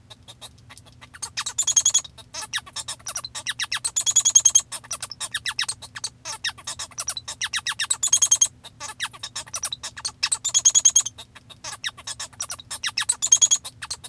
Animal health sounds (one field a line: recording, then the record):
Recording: song of a male Bengalese finch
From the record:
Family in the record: father 1